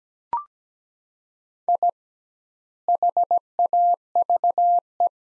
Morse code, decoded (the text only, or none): I HAVE